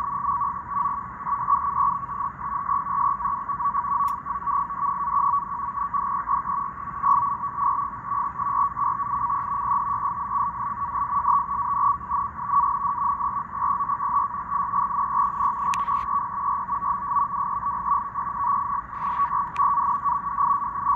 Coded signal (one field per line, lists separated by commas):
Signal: NAVTEX (SITOR-B)